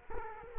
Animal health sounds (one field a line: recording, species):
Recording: mosquito wingbeat signal from an infrared sensor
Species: Culex quinquefasciatus